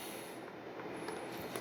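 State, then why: Seated. A landing-gear light lead is plugged into a servo extension connector on an FMS 64mm F/A-18 Hornet RC jet, lining up the negative black wire with the servo's brown/black wire. Under steady low background noise, a short sharp click is heard at 1.6 s as the connector locks into place, seated.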